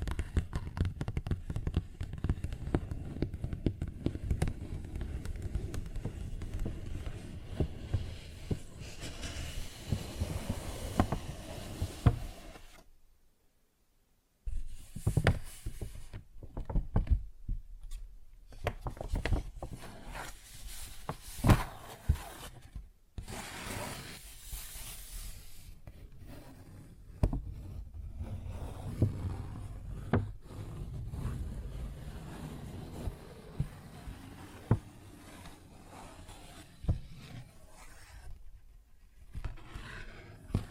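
Paper bag being tapped and scratched, with crinkly rustling and sharp taps scattered irregularly throughout. The first twelve seconds are a denser, lower rumbling rub, then near silence around 13 seconds, followed by bursts of bright crackling scratches and sporadic taps with brief pauses.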